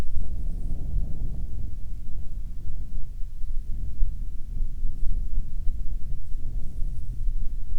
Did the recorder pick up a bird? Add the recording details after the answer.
no. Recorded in the Arctic National Wildlife Refuge, Alaska, on 7 July 2019 at 18:57. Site 41